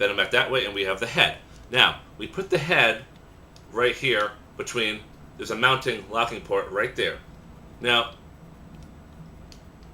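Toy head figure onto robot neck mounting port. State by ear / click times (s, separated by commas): partly seated / 9.5 s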